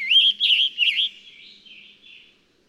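Scarlet tanager song: three hoarse, slurred phrases delivered quickly, then fading softer burry notes trailing off.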